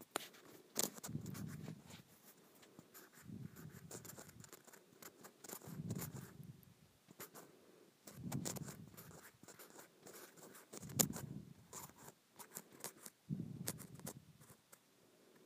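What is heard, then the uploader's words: Scratching on a small grooved plastic surface, in repeated passes of about two seconds each with brief pauses between. Each pass is a dense, rasping, ridged texture with a low rumble under it, broken by sharp clicks and ticks, especially near the start and around eleven seconds. Scratching Tiny Grooved Plastic.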